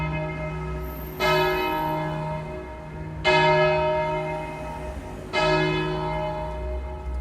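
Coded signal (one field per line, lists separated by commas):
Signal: bell signal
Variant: single-bell distesa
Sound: a single large church bell swinging, striking every two seconds, three strokes ringing on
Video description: Segnale orario (composto da ritornello dell'Ave Maria di Lourdes e battiore) e Distesa del Mi♭³ come Angelus feriale delle ore 12.00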